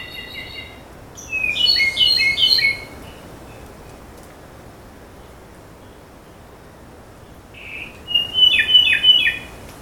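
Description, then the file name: Ryukyu robin singing two jumbled phrases of quick, bright, slurred notes about six seconds apart, with quiet background between them. Recorded on Nakanoshima, Japan, on 25 May 2025. "akahige 20250525 nakanoshima sekishinichi"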